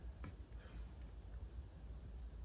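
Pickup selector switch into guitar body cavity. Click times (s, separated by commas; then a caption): 0.2 s. A pickup selector switch is fitted into the body cavity of an Ibanez AX120 guitar and locks into place with a single short, sharp click at 0.2 s. The rest of the clip is a quiet, steady low background hum, and the switch ends up seated.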